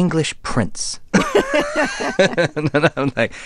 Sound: laughter

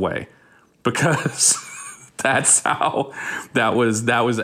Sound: laughter

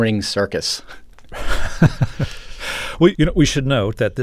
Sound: laughter

